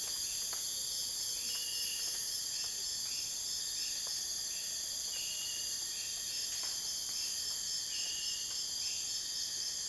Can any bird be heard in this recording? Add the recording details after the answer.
no. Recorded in dense forest near Puerto Asís, Putumayo, Colombia, on 23 June 2025 at 03:00. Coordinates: 0.484, -76.325. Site H65